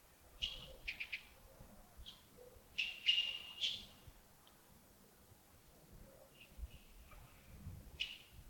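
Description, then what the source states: Bird chirps in quick high bursts through the first half, then quieter scattered notes with long pauses. Early morning, Yagongding, 28 December 2025, around 07:40.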